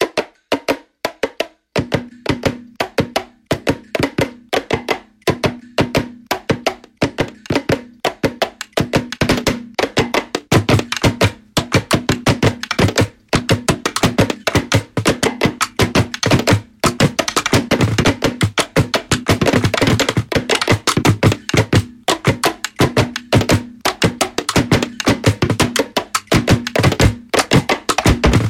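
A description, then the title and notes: Drumming in 5/4 on worn toms and bongos, a fast, dense stream of sharp hits that starts after a brief pause. A low, steady ringing hum sits beneath the strikes throughout, and the playing grows busier and louder around the seventeen-to-twenty-two-second mark. Drumming in 5/4 on some raggedy ass toms and bongos.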